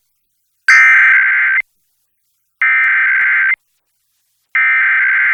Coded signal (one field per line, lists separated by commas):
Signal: Emergency Alert System (SAME) tones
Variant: header bursts